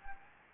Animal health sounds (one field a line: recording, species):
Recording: mosquito wingbeat signal from an infrared sensor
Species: Anopheles gambiae